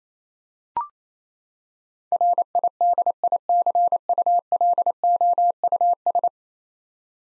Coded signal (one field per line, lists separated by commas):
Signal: Morse code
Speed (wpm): 28 wpm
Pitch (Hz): 700 Hz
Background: none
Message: RIDICULOUS